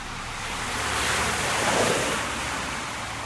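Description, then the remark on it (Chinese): Sea waves wash steadily against the Tsim Sha Tsui East waterfront opposite the Empire Centre, around 5 a.m., a broad hissing roar that swells gently and then eases, with a low rumble underneath and no voices. “潜水教练周启邦喺帝国中心对开嘅尖东海旁练紧跑”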